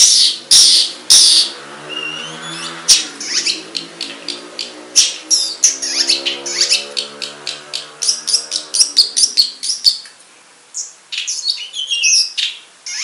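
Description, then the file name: Long-tailed shrike song, scratchy chirps and squeaks in a fast series, accompanied by a low wavering whine. Banyuwangi and Madura cendet types. "Suara Cendet Banyuwangi dan Madura"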